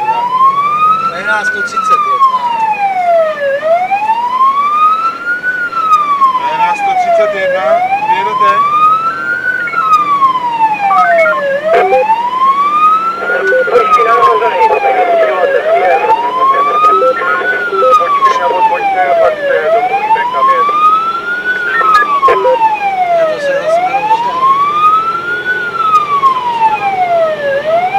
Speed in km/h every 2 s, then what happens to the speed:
40, 47, 53, 59, 64, 67, 72, 74, 77, 78, 79, 81, 84, 83.
0-28 speeds up to 83.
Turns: none.